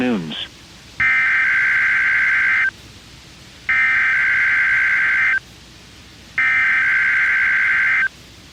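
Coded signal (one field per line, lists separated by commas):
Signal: Emergency Alert System (SAME) tones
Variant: header bursts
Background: speech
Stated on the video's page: Required weekly test on NOAA Weather Radio station, direct audio.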